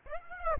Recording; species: mosquito wingbeat signal from an infrared sensor; Aedes aegypti